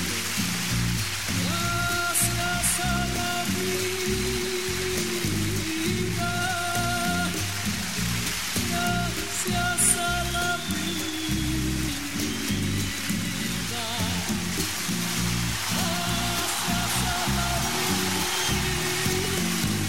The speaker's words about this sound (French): Des applaudissements qui ressemblaient à ce qu'on a eu toute la fin de semaine avec nos émissions ici, en direct au 405, 3e avenue.